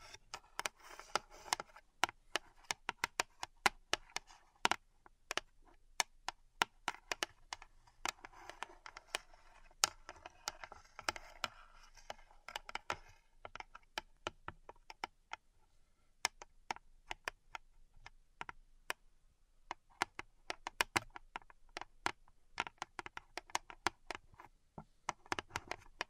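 Dense crisp clicks and taps from a pink salt zen garden, sharp and bright, falling in irregular bursts throughout. A soft grainy scraping runs underneath during the first fifteen seconds, then the sound thins to sparser, isolated ticks before picking up again near the end.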